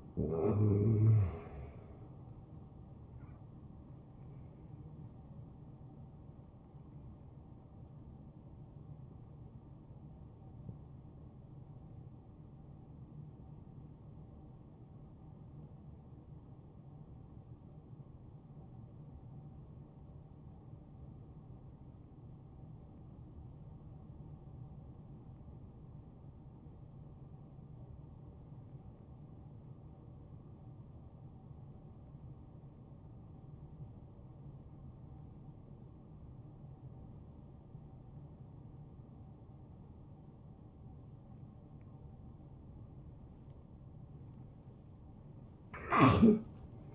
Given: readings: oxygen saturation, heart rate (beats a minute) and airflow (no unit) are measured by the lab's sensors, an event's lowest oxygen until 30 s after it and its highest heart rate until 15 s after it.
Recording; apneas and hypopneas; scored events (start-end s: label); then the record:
breathing in sleep by a smartphone at the bedside; 1
8.00-41.90 s: hypopnea (N1, oxygen 93% highest, then 83% lowest, heart rate 75 at the start, 77 highest)
16.00-46.95 s: new sleep stage, N2 (light sleep)
From the record:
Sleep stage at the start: N1 (lightest sleep); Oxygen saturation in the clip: 85 to 93%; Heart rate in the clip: 64 to 76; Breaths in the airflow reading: 9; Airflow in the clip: -10.4 to 5.3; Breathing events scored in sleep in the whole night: 263 in 5.5 hours asleep